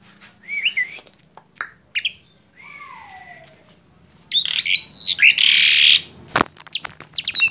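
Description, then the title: Asian pied starling song, scattered notes including a long falling whistle, a loud harsh rasping burst and sharp clicks, with quiet stretches between. Masteran training recording made to teach song to caged birds. "Masteran Jalak Suren"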